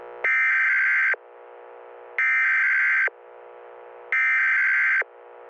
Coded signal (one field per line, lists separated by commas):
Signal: Emergency Alert System (SAME) tones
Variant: header bursts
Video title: New Year Attack | An EAS Scenario (ft.Channel 48 EAS)